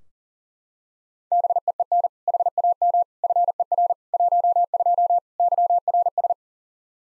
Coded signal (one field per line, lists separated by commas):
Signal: Morse code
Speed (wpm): 37 wpm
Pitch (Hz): 700 Hz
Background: none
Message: BEEN HAM FER 12 YRS